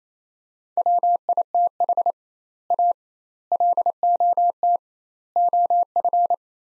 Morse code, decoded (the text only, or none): WITH A LOT OF